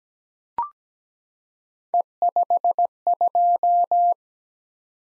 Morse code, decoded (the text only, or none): E52